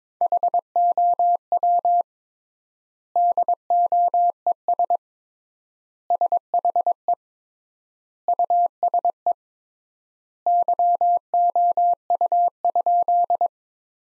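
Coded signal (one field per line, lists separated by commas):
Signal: Morse code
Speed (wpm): 22 wpm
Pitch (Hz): 700 Hz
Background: none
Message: HOW DOES SHE USE YOU?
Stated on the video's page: Morse practice sentences built from the 200 most common words at 22 wpm with 3x standard word spacing, a word-level analogue of Farnsworth spacing.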